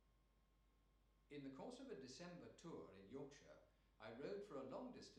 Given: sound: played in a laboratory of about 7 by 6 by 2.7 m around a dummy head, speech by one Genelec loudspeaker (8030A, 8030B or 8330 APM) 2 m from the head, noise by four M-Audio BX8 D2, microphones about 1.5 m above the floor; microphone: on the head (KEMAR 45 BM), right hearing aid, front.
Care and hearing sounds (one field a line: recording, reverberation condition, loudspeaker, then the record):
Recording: male speech in English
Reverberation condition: medium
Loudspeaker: 150 degrees to the right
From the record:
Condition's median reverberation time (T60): about 510 ms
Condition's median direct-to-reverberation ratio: about -0.5 dB